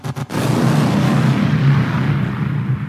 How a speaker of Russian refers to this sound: Взрывы явно ошеломили монстров 17 уровня. Это было видно потому, как сломался строй.